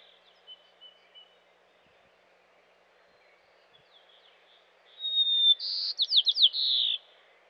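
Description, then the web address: White-crowned sparrow song: a few faint thin whistles early on, then a clear whistled note leading into a quick run of buzzy, slurred notes and a buzzy trill at the end. Western North America. "Dan Gibson Wildlife Identification By Sound, Western North America. White-Crowned Sparrow"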